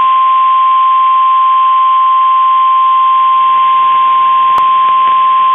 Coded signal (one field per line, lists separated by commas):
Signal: Emergency Alert System (SAME) tones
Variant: 1050 Hz attention tone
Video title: Severe Thunderstorm Warning #31 Minneapolis St Paul EAS